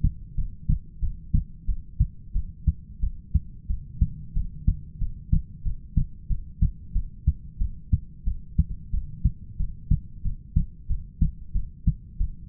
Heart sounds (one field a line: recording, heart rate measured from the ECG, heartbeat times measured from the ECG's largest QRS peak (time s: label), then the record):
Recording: heart sounds by stethoscope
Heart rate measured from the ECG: 91 bpm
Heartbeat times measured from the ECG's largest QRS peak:
0.36 s: heartbeat
1.01 s: heartbeat
1.67 s: heartbeat
2.34 s: heartbeat
3.01 s: heartbeat
3.68 s: heartbeat
4.35 s: heartbeat
5.00 s: heartbeat
5.64 s: heartbeat
6.29 s: heartbeat
6.94 s: heartbeat
7.59 s: heartbeat
8.25 s: heartbeat
8.92 s: heartbeat
9.58 s: heartbeat
10.24 s: heartbeat
10.88 s: heartbeat
11.54 s: heartbeat
12.19 s: heartbeat
From the record:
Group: heart failure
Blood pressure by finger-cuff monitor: 105/68 mmHg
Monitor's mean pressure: 80 mmHg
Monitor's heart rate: 92 bpm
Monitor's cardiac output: 7.8 L/min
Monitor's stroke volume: 86 mL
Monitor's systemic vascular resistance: 760 dyn s/cm5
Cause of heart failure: ischemic heart disease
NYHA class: 1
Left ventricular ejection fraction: 38%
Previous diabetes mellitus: present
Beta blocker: bisoprolol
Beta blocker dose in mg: 15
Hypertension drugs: sacubitril-valsartan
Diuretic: furosemide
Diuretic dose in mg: 20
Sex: male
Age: 33 years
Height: 172 cm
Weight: 78.5 kg